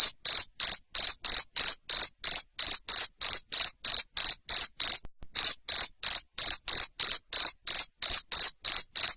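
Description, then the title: Cricket calling with rapid, even, shrill chirps near three per second, a single short gap halfway through. Cricket chirping, played to stimulate lovebirds to sing continuously. "Suara JANGKRIK NGERIK Keras Bikin LOVEBIRD Jadi NGEKEK Terus"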